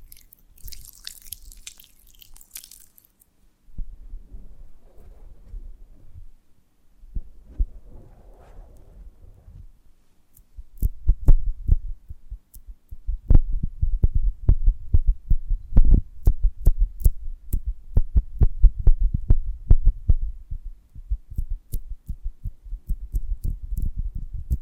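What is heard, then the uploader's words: ASMR handling of a honeycomb on a branch opens with a faint, airy hiss, then soft low rustling in two short patches. From about ten seconds on come dense, uneven low thumps and crackles with sharp clicky ticks, continuing steadily to the end. ASMR of a Honeycomb on Branch (No Talking).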